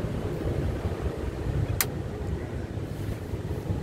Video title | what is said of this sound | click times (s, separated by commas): HINO 300 NO4C XZU CHANGE FUEL FILTER | Nag-lock na, shoot na yan. | 1.8 s